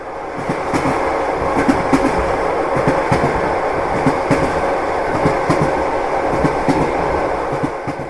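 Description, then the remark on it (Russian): Train wheels clatter over the rails in a steady, repeating rhythm of sharp clicks above a continuous low rumble, loud and unbroken throughout, with no voices. “Атмосферу дополняли ритмичный ход поезда и вид из окна на огни какого-то городка вдалеке.”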